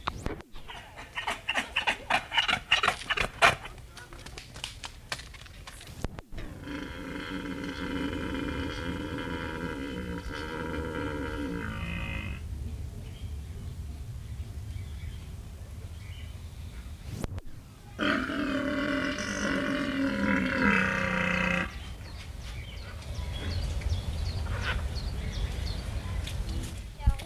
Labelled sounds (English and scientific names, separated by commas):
Père David's Deer (Elaphurus davidianus) rut call